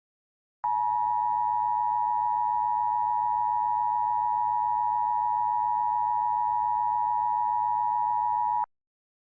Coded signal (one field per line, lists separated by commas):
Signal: Emergency Alert System (SAME) tones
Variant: 853 and 960 Hz attention tone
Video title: EAS Mock/Scenario Short - "Oh crap, we've pressed the wrong button!" (EAN)